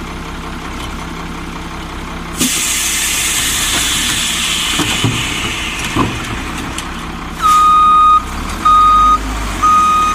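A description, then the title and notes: A garbage truck idles with a low, steady engine rumble. Around two and a half seconds a loud hiss of air bursts in and slowly fades, with a few clanks after. From about seven and a half seconds, three loud, evenly spaced reversing beeps sound. Garbage Trucks.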